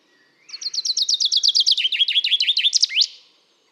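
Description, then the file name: Common chaffinch singing one loud, cheerful phrase: a rapid descending series of bright notes ending in a sharp rising flourish. "Fringilla coelebs"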